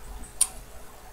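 During assembly of a Poljot 2614.2H wristwatch movement, a small metal part is pressed onto the movement just before the hour hand is fitted. Against a quiet background, a single sharp, bright snap is heard at 0.4 s. The part snaps into place and is seated.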